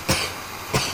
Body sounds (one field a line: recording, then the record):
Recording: coughing mixed with background sound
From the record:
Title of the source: Dry Afternoon Cough